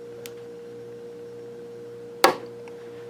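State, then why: Released. A stuck part on the chassis of a vintage Hallicrafters S-40B shortwave radio is heated and worked back and forth while a steady tone hums underneath. At 2.2 seconds the part comes loose with a single sharp pop, and the part is released.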